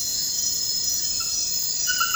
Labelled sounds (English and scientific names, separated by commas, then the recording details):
none
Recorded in dense forest near Puerto Asís, Putumayo, Colombia, on 19 February 2024 at 03:30
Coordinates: 0.472, -76.329
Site G6394